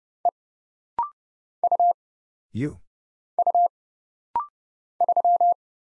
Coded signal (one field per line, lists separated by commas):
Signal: Morse code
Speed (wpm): 30 wpm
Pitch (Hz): 700 Hz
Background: none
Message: E U U 3